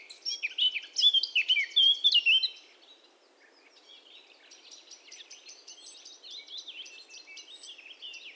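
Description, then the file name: Eurasian blackcap song: fluty, rich warbling for about two and a half seconds, then softer scratchy chatter with a few thin high whistles. "Sylvia atricapilla"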